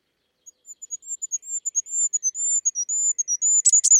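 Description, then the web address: Bird delivering an accelerating chain of thin, very high notes that get steadily louder, capped by a short buzzy twitter. "birddata Deverinetal 2025 Bird Only"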